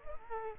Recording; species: mosquito wingbeat signal from an infrared sensor; Culex quinquefasciatus